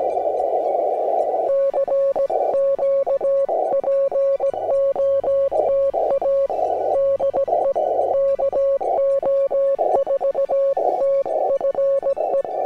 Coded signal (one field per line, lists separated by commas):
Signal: Morse code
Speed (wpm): 17 wpm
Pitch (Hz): 550 Hz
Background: music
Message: CQ POTA DE KO4TFE